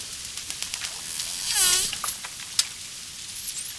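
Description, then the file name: Dolphin calls: a loud, buzzy pulsed burst in the middle among scattered clicks, followed by a short high whistle near the end. Clicking and whistling of a dolphin, with water splashes. "shelkane svist delfina vspleski vodi"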